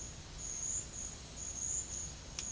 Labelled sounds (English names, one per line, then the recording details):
none
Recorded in pastures near Puerto Asís, Putumayo, Colombia, on 21 March 2025 at 12:00
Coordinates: 0.502, -76.324
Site GP07